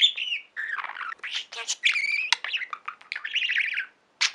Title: Budgie Sounds